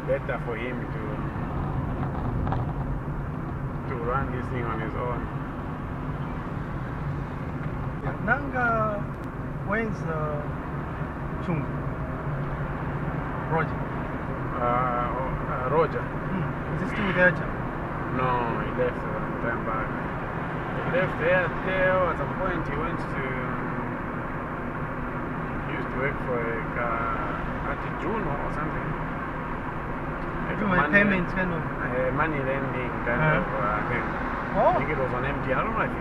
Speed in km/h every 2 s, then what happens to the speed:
35, 35, 34, 34, 35, 37, 41, 45, 49, 52, 55, 56, 57, 56, 56, 55, 54, 54.
0-9 steady at about 35. 9-20 speeds up to 55. 20-36 steady at about 55.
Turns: none.